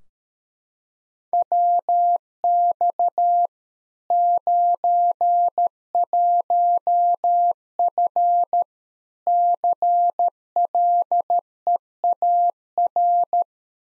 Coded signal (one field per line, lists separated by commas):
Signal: Morse code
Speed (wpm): 13 wpm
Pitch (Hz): 700 Hz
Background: none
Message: WX 91F CLEAR